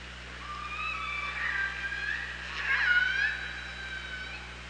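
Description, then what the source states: Killer whale calls, faint drawn-out tonal notes with harmonics and a brighter burst midway, low steady hum beneath. OrcaLab hydrophone recording, 24 August 2017, 07:54.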